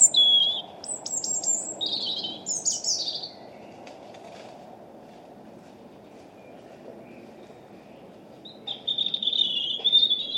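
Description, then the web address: European robin delivering a burst of varied, high, scratchy and liquid notes for a few seconds, then quiet for about five seconds before another high whistled phrase begins. "Deverinetal 2025 Bird Only Er Ru"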